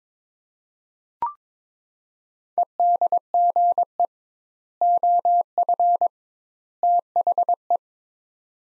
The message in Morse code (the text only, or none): EDGE OF THE